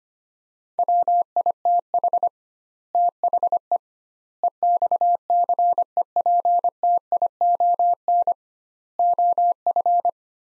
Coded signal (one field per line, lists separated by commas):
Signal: Morse code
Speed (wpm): 25 wpm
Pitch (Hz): 700 Hz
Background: none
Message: WITH THE EXCEPTION OF